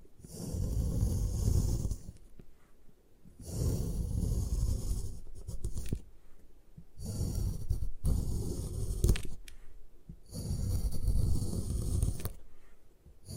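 Gym chalk gets crushed and ground in four rough, scratchy bursts of about two seconds each, separated by short pauses with occasional sharp clicks.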